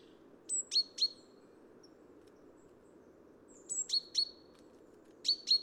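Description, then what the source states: Great Tit calls: short sharp chinking notes in quick groups of two or three, with thin high descending whistles, repeated after pauses over a steady low rumble. Recorded at Neudarss; date code 130203, 3 February 2013.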